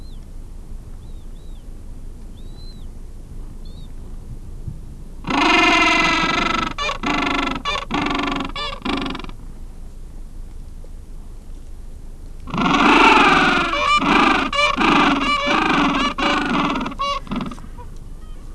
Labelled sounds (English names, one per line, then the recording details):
Gentoo Penguin
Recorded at the colony at Moot Point, Antarctica, on 3 January 2015
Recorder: Song Meter SM2+